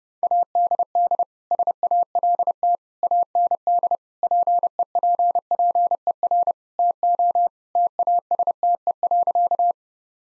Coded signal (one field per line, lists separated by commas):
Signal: Morse code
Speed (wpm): 30 wpm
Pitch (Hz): 700 Hz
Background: none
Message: ADD SALT AND PEPPER TO TASTE.